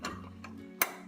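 A second lower-anchor (LATCH) connector on a forward-facing Evenflo Triumph car seat is pressed by its button, slid down onto the vehicle's lower anchor bar and pushed until it snaps into place. Softer ticks at about 0.1 s and 0.4 s over a steady low hum are followed by one sharp, bright click at 0.8 s as the connector seats on the anchor.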